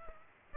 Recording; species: mosquito wingbeat signal from an infrared sensor; Aedes aegypti